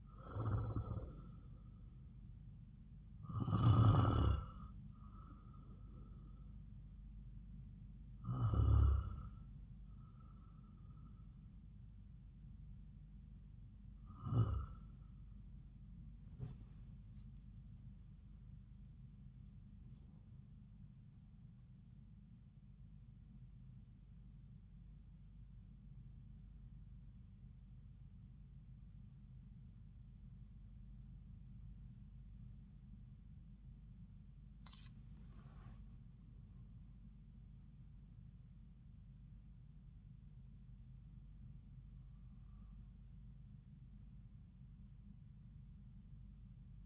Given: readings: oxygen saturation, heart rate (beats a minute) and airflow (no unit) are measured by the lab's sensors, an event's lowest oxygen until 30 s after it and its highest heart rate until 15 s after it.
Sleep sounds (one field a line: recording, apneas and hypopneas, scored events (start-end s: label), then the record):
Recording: breathing in sleep by a smartphone at the bedside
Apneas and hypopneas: 1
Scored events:
23.00-39.00 s: hypopnea (REM, oxygen 97% highest, then 92% lowest)
From the record:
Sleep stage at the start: REM sleep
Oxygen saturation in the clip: 87 to 97%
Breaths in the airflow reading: 8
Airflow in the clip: -5.8 to 6.1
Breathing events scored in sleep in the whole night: 270 in 6.1 hours asleep